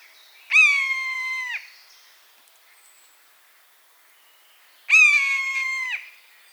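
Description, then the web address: Buzzard giving two long, clear mews about four seconds apart, each starting sharply and tailing off slightly. "animal-sound buzzard-sound"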